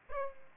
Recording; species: mosquito wingbeat signal from an infrared sensor; Aedes aegypti